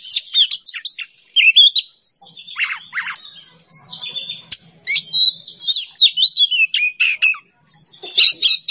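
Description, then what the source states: Oriental magpie-robin song: clipped high whistles and downslurred squeaks in quick phrases, with brief silent gaps between bursts. Masteran training recording for songbirds; kacer song in 'bongkar isian emosi' style.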